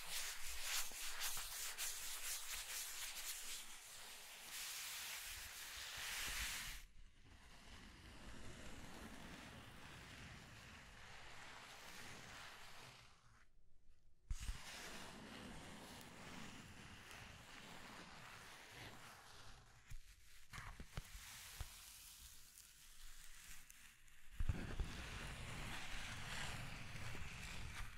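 Scratching and tracing sounds, rough and continuous, with a loud, bright, dense rasp for the first seven seconds. After that the rubbing turns softer and duller, steady with slow swells. It breaks off briefly near 14 and 24 seconds, with a faint thump or two.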